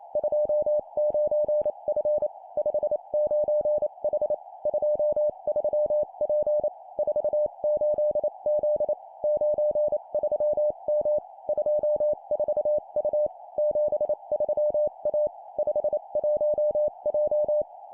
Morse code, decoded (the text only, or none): 29F 59H 23P 48Z 93M 24U 73A 51J